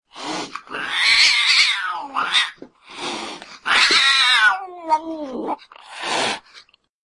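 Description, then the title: Domestic cat meowing in several drawn-out calls, some falling into a lower whine, separated by short pauses. Pet cat. "kucingku"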